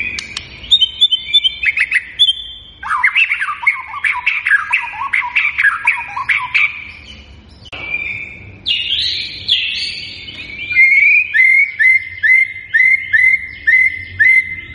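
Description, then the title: White-rumped shama song: loud, varied whistled phrases with rich trills and chattering runs, ending in a series of repeated whistled notes. Lure recording of an energetic singer, used to make the bird respond. "PANCINGAN MURAI BATU GACOR, LANGSUNG RESPON"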